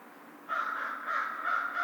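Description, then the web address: American crow gives a harsh, drawn-out nasal caw lasting over a second, with a slightly wavering, rough tone and a faint low steady hum beneath. Recorded 2 March 2010. "American Crow 2010 03 02"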